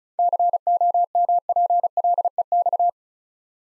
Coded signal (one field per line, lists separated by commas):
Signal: Morse code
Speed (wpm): 36 wpm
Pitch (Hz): 700 Hz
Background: none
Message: COMPLEX